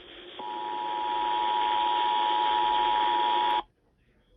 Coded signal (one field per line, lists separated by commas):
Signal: Emergency Alert System (SAME) tones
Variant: 853 and 960 Hz attention tone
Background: speech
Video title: A Slight Inconvenience... EAS Alerts from 3/14/24 (EAS #569-613)